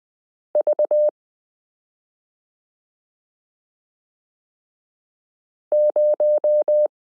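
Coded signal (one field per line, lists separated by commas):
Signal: Morse code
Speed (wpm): 20 wpm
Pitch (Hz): 600 Hz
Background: none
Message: V 0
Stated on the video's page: Morse lesson 29 of a 72-part Koch-method variation series, introducing the 30th character, the number 8.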